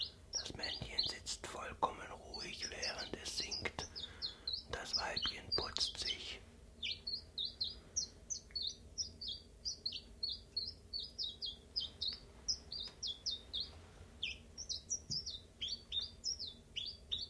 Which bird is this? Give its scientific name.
Phylloscopus collybita